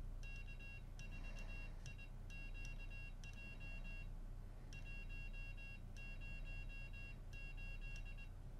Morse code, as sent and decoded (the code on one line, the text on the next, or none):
-.- ....- .. --.- .--- / .---- ----- ---..
K4IQJ 108